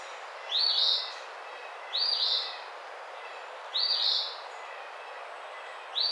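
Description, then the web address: Eastern phoebe singing rough, burry two-note phrases, four in a row at uneven intervals. Recorded 28 April 2009. "Eastern Phoebe 2009 04 28"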